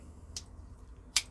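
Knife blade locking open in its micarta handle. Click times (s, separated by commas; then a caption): 1.2 s. A Twosun Knives TS111 folding knife with a D2 blade and a micarta handle has its blade flicked open on its ball-bearing pivot. A softer tick at 0.4 s comes before a sharp, bright snap at 1.2 s as the liner lock engages and the blade locks open.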